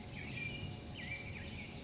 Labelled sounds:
Black-headed Grosbeak (Pheucticus melanocephalus)
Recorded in Sonoma County, California

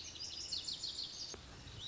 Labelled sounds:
Lazuli Bunting (Passerina amoena)
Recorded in Sonoma County, California

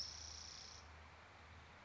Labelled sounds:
Spotted Towhee (Pipilo maculatus)
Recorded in Sonoma County, California

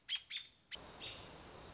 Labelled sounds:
American Robin (Turdus migratorius)
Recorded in Sonoma County, California

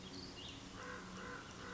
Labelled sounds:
American Crow (Corvus brachyrhynchos)
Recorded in Sonoma County, California

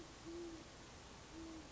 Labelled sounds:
Great Horned Owl (Bubo virginianus)
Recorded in Sonoma County, California

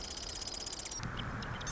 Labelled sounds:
Marsh Wren (Cistothorus palustris)
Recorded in Sonoma County, California

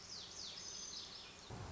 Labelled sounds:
Lazuli Bunting (Passerina amoena)
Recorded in Sonoma County, California

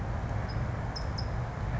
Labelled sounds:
California Towhee (Melozone crissalis)
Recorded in Sonoma County, California

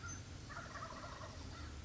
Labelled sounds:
Wild Turkey (Meleagris gallopavo)
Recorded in Sonoma County, California

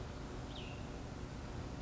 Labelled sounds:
Cassin's Vireo (Vireo cassinii)
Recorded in Sonoma County, California

